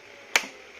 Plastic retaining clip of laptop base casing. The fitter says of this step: you keep hearing some snap sound.